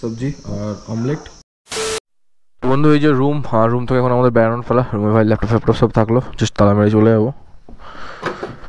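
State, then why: Not seated. Someone talks while leaving a homestay room and tries to lock the window latch on a room window, with short knocks heard near the end around 7.7 s and 8.3 s. The latch does not catch and the window fails to lock, so nothing has seated or clicked yet.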